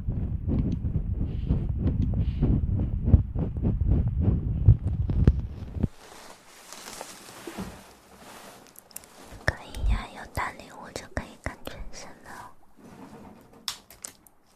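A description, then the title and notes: Ear massage and mouth sounds: rapid, dense low rubbing for six seconds, then softer scattered clicks, crackles and wet mouth noises. Ear massage & Mouth sounds.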